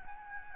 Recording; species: mosquito wingbeat signal from an infrared sensor; Aedes albopictus